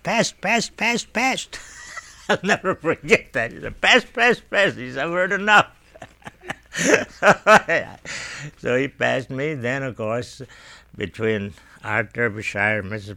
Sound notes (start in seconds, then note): 1.4 he laughs; 5.8 he laughs